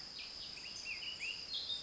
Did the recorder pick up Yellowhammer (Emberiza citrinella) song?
no